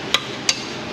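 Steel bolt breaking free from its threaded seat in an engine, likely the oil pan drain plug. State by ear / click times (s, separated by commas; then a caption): released / 0.1 s, 0.5 s. A 14 mm socket on a ratchet breaks a steel bolt loose from its threaded seat on the engine of a Toyota Highlander 3.5 VVT V6, likely the oil pan drain plug, as oil drains soon after. Two sharp, bright snaps ring out at 0.1 s and 0.5 s over a low steady background. The bolt comes free.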